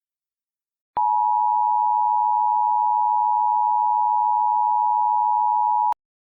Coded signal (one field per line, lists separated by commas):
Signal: Emergency Alert System (SAME) tones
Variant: 853 and 960 Hz attention tone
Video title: EAS Scenario: Smelted